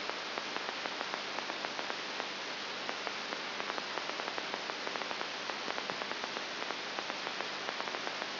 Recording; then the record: brain microelectrode recording played as sound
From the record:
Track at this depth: outside the subthalamic nucleus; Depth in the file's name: 6.9 mm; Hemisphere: right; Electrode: 3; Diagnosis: Parkinson's disease